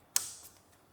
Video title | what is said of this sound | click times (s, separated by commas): How to Replace Front Strut Assemblie: 2010-2015 Toyota Prius | You should hear a nice click. Perfect. | 0.2 s